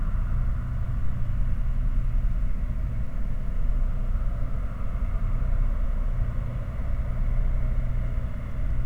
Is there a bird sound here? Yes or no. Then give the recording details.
no. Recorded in the Prudhoe Bay oil fields, Alaska, on 9 August 2019 at 23:07. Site 29